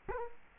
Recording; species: mosquito wingbeat signal from an infrared sensor; Culex quinquefasciatus